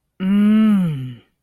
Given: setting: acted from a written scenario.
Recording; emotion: vocal sound without words; desire